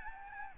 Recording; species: mosquito wingbeat signal from an infrared sensor; Aedes albopictus